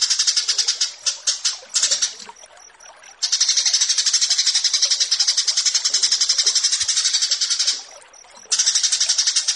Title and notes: Branjangan Masteran. burung BRANJANGAN